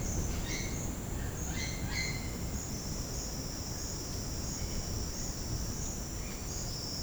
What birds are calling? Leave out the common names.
Amazona amazonica, Orthopsittaca manilatus